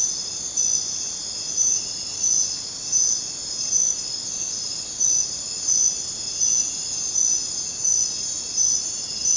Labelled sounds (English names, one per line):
none